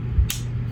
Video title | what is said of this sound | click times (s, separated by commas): Unboxing an epic loaned knife… and it is truly awesome… the Kunwu DLC Tao-S 2! | nice click any detent lash | 0.3 s